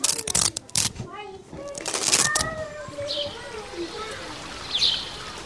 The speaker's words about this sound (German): Mit erstaunlich kräftigen Händen und einem seligen Lächeln drückt das Mädchen immer wieder die beiden Klettbänder zusammen, um sie mit Schwung auseinanderreißen zu können.